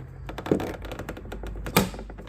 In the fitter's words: you heard that it clicked